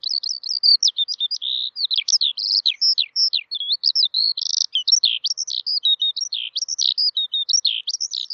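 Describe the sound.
Eurasian skylark song, an unbroken stream of rapid, varied chirrups, trills and slurred whistles, high-pitched and tumbling with no pauses.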